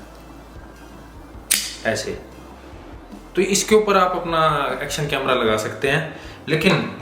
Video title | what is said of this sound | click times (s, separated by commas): Ultimate Rider's Tech Unveiled: Insta360 Motorcycle Bundle 2023 Edition Unboxing & In-Depth Review | mount के ऊपर य देखिए यह ऐसे करके क्लिक हो जाता है | 1.5 s